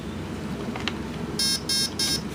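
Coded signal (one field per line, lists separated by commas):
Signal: beep code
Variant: Turnigy brushless ESC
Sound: a few soft clicks, then three short buzzy motor beeps in quick succession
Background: room noise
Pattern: 3 short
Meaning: Three beeps mark the third programming menu item, battery protection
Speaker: see three beeps means the third option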